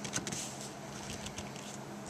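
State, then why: Not seated. A 50 amp twist-lock shore power plug is handled at the shoreline inlet of a black and silver 2016 BBQ porch concession trailer. Short, sharp handling ticks land around 0.1, 0.2, 0.3 and 1.4 seconds over a steady low hum. The plug has not locked in or seated yet.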